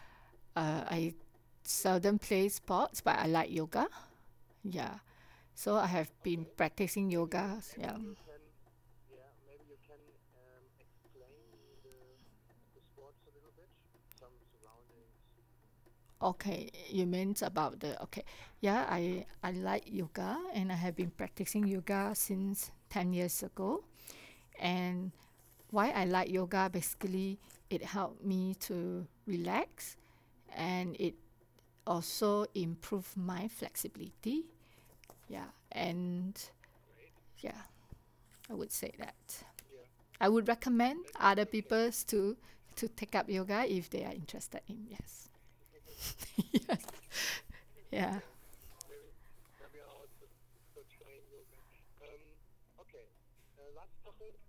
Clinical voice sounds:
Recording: conversation on a phone call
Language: English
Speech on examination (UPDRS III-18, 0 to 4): 0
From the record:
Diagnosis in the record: healthy control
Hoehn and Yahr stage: 0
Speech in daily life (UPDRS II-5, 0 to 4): 0

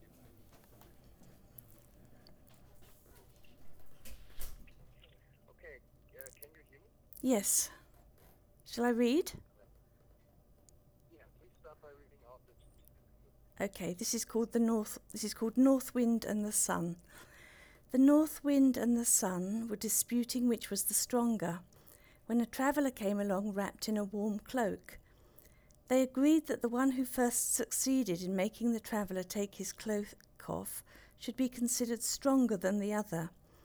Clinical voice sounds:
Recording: text read into a phone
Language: English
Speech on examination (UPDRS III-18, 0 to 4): 1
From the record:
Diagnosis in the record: Parkinson's disease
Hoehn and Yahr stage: 2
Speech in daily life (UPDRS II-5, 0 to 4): 1

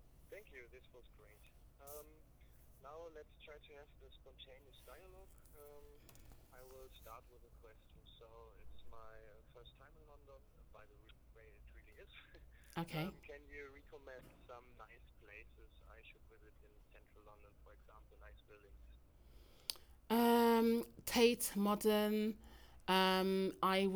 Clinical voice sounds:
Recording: conversation on a phone call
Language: English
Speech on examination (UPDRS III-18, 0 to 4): 0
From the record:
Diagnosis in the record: healthy control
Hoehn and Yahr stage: 0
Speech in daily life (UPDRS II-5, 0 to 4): 0

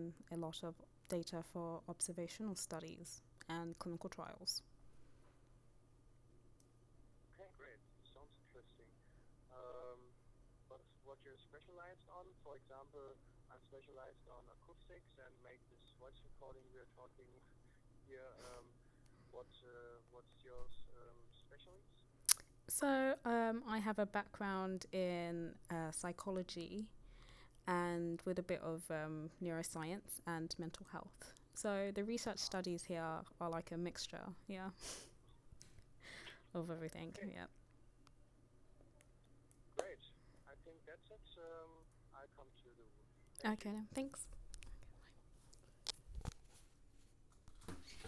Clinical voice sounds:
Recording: conversation on a phone call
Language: English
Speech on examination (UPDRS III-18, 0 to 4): 0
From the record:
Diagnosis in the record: healthy control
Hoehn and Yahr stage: 0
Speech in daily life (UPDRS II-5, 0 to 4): 0

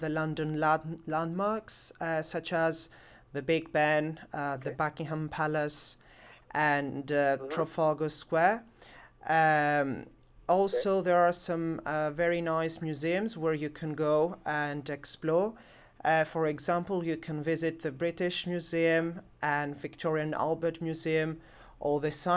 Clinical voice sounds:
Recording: conversation on a phone call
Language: English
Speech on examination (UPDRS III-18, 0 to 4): 0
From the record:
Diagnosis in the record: healthy control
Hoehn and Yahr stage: 0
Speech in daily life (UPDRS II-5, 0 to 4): 0

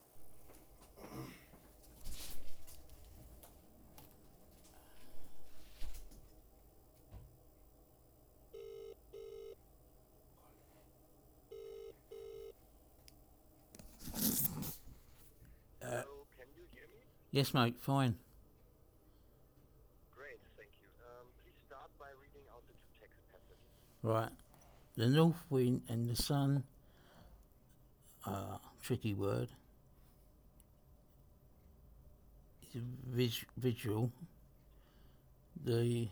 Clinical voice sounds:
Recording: text read into a phone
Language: English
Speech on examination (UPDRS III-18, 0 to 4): 2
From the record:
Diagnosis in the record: Parkinson's disease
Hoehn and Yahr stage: 3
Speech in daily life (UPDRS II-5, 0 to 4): 1

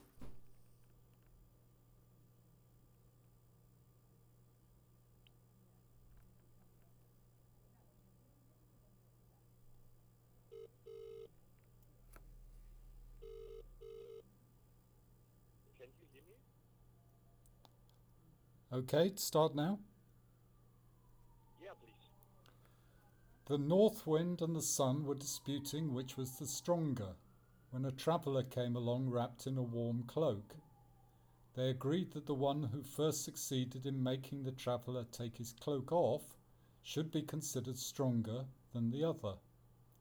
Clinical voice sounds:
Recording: text read into a phone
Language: English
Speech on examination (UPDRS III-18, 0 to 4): 0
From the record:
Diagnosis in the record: Parkinson's disease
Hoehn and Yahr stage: 2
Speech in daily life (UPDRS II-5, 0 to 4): 0

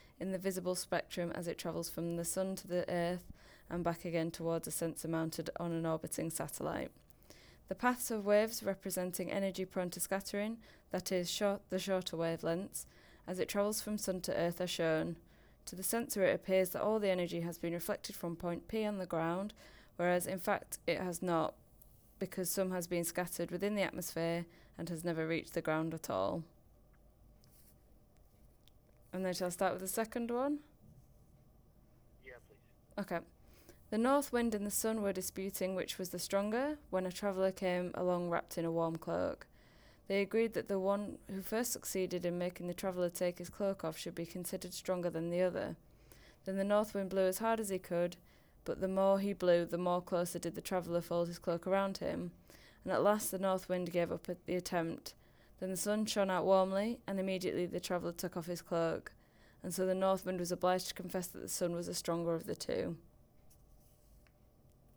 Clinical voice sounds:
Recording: text read into a phone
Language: English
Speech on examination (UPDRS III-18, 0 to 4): 0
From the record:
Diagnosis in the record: healthy control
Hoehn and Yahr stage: 0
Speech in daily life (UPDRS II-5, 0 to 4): 0

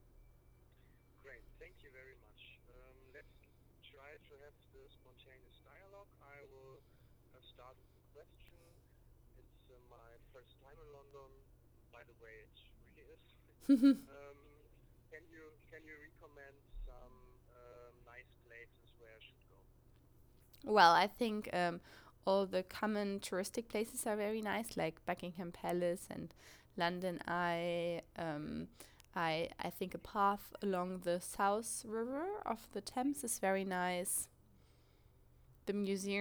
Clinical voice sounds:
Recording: conversation on a phone call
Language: English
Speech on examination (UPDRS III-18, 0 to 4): 0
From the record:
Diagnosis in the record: healthy control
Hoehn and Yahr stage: 0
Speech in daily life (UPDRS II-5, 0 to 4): 0

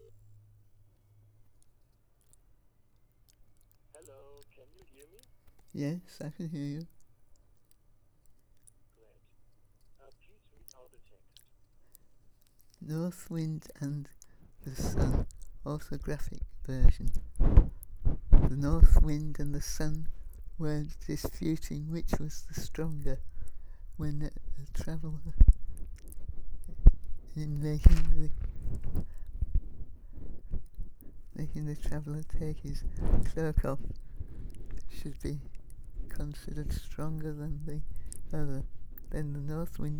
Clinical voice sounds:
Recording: text read into a phone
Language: English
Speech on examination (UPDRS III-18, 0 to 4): 2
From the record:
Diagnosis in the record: Parkinson's disease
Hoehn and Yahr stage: 3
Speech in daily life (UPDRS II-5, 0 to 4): 2

